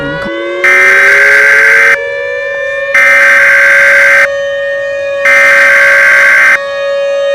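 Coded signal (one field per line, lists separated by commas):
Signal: Emergency Alert System (SAME) tones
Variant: header bursts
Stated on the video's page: Fictional EAS doomsday scenario.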